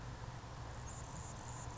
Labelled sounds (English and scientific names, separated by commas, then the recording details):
Anna's Hummingbird (Calypte anna)
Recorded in Sonoma County, California